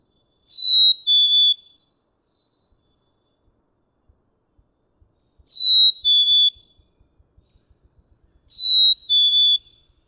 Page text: Pitch-shifting, retaining melody—black-capped chickadee. Males can sing on one pitch for many songs in a row. May 7, 2017. Atlanta, Michigan.